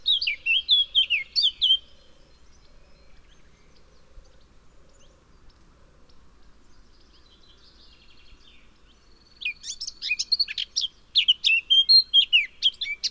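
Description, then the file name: Eurasian blackcap song: short scratchy warble, a long pause, then a longer burst of fast chattering notes. "Sylvia atricapilla"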